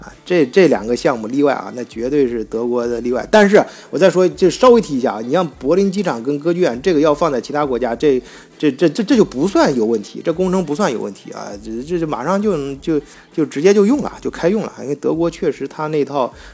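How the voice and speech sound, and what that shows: A man speaks fluent-paced Mandarin broken by frequent whole-word repetitions, such as a syllable said four times in a row, plus repeated short words and brief hesitation pauses. These are the repetitions of a congenital stutter present since childhood. It was very severe then, and through constant practice it is now fairly mild.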